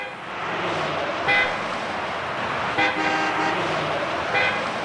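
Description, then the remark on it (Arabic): A car engine hums steadily while the horn honks three short times, at roughly one-and-a-half-second intervals, each toot loud and bright over the road rumble. “ولو سمحت يا السواق براحتك، عند المطبات صقت السيارة تسقيط.”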